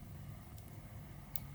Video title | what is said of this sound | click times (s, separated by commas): Apple Watch Series 8, 41mm (Aluminium Midnight): Unboxing and First Look at New Features | just like so you know locked into place | 1.4 s